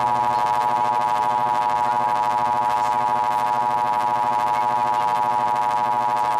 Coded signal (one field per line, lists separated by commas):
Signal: Emergency Alert System (SAME) tones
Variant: 853 and 960 Hz attention tone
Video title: Weird EAS Video - 4 Emergency Alert Systems Intruppet My Little Pony Friendship Is Magic